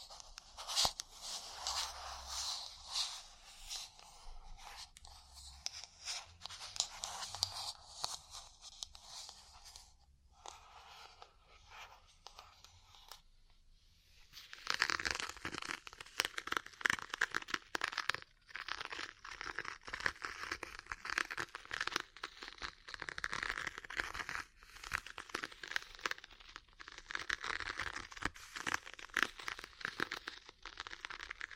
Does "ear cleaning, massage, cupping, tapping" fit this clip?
yes